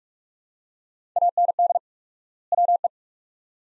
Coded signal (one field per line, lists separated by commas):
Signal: Morse code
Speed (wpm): 42 wpm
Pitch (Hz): 700 Hz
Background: none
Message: AND WE